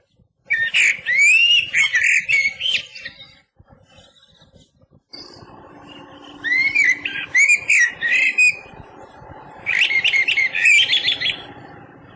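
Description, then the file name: Eurasian blackbird song: rich whistled phrases with twittering ends, three bursts separated by pauses, a steady low hum underneath from the middle onward. "MERLO"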